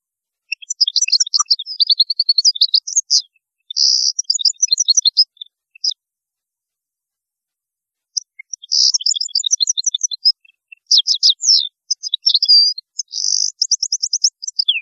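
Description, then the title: European goldfinch song, bright tinkling twitters and buzzy trills in two long bursts separated by a short silence. "Chant Chardonneret"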